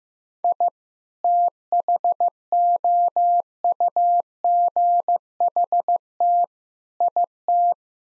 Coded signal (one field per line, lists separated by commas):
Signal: Morse code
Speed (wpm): 16 wpm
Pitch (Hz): 700 Hz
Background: none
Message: I THOUGHT IT